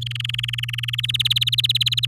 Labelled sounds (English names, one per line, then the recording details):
Domestic Canary song
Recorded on 6 May 2018 at 09:19
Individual llb16